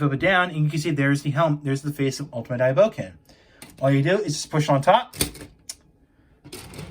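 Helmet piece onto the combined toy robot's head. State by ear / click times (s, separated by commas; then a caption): seated / 5.7 s. Someone talks while pushing down on top of the plastic helmet and face piece of a combined toy robot, pressing it onto the robot's head. A sharp click at 5.7 s marks the helmet seating into place, followed by a couple of softer handling sounds.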